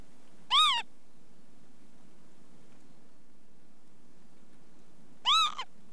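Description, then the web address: Northern Lapwing giving two wheezy, arching pee-wit calls, each rising then dropping, about five seconds apart over a faint low hum. "The BBC Sound Effects Library. Lapwing"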